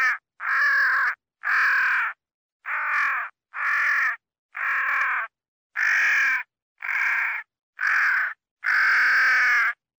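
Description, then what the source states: Crow giving a series of harsh, grating caws with uneven pauses between them. Crow calling while fighting.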